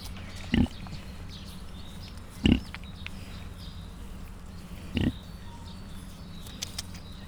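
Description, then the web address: Mangalica pig grunts, three short low grunts spaced about two seconds apart, over a steady low hum. Five cat-sized suckling Mangalica piglets at Miskolc Zoo, 2018. "mangalica otmacskanagysaguszoposmalac miskolczoo"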